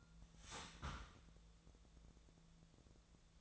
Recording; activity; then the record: daily activity, microphone in the room; start toaster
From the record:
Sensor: 3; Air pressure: 1000.2 hPa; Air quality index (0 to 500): 150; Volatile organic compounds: 3 ppm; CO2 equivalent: 1328 ppm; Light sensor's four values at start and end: 37/95/40/43 and 37/95/40/43